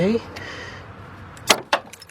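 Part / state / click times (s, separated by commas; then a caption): spring clamp onto coolant hose / seated / 1.7 s. A spring hose clamp is lowered back onto the coolant hose of a 2007 Chevy Impala 3.5 during a water pump replacement. Someone talks briefly at the start, a sharp burst comes at about 1.5 s, and then a sharp metallic snap at 1.7 s as the clamp snaps into place, followed by a few faint ticks. The clamp is seated.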